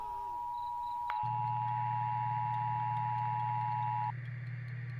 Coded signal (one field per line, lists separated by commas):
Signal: Emergency Alert System (SAME) tones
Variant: 853 and 960 Hz attention tone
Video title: EAS Catch 10: immediate Evacuation for Salt Lake City UT